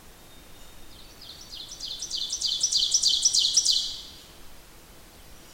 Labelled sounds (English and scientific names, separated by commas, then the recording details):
Ovenbird (Seiurus aurocapilla) song
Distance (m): 10 m
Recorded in boreal forest in Alberta, Canada, on 8 June 2016 at 08:27
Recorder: SongMeter 3, array SBT-3-9
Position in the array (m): 179 m, 155 m
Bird 35